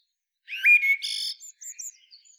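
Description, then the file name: Eurasian blackbird giving one short phrase, a clear fluty whistle followed by a scratchy high twittering flourish and faint chips trailing off. "Turdus merula"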